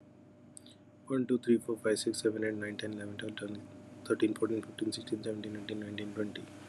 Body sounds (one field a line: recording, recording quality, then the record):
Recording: counting at a fast pace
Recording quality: excellent, no background noise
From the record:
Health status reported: COVID-19 positive, mild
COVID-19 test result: positive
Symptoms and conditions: breathing difficulty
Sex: male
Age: 47 years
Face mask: worn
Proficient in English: yes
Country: India